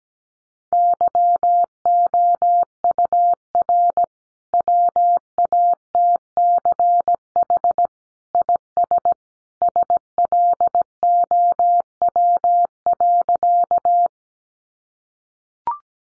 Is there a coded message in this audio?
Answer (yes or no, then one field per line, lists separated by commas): yes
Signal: Morse code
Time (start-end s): 0.7-14.1 s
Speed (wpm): 17 wpm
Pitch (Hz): 700 Hz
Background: none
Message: YOUR WATCH IS SLOW.